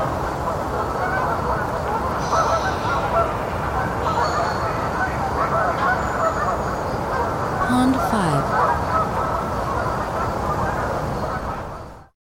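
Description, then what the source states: Canada goose: a flock calling constantly, with overlapping nasal honks throughout, before the sound cuts off at the end. Several Canada geese.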